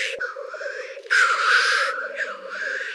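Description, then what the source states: Black grouse giving a steady low bubbling, rolling coo throughout, broken by a loud drawn-out hissing sneeze partway through. Slovenia.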